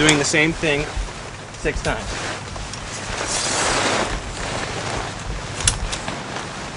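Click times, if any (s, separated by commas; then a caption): 5.7 s. Someone talks while the last telescoping leg pole of a Coleman Instant Tent frame is pulled and extended, the sixth and final leg. At 5.7 s the pole locks in place with a single sharp click, and the frame is done.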